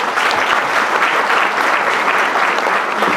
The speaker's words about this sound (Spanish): Brindémosle un fuerte aplauso, por favor.